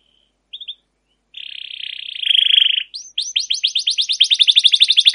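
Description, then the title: Canary singing a few short chips, a long buzzy trill, then a fast run of sweeping whistled notes repeated in a steady roll. Long trilling rolling (ngerol) song of a canary in full song (gacor), a master recording used as a lure to prompt other canaries to sing. "CUIT CUIT NGEROL LANGSUNG GACOR PANJANG Kenari Ini AMPUH Utk Pancingan KENAR. Masteran Suara Burung Kenari Gacor Panjang cuit cuit Ngerol untuk Pancingan Kenari!"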